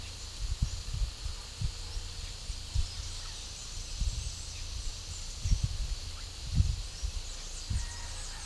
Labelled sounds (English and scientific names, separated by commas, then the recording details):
none
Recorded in pastures near Puerto Asís, Putumayo, Colombia, on 18 December 2024 at 13:30
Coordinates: 0.497, -76.327
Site G088